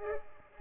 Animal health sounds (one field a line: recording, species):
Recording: mosquito wingbeat signal from an infrared sensor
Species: Culex pipiens